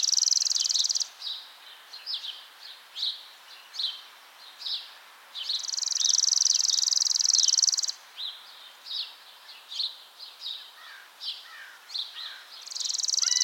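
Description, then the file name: Chipping Sparrow song, a dry, rapid, even trill of chips held for about two seconds, repeated, with short chirps scattered between trills. "Spizella passerina - Chipping Sparrow"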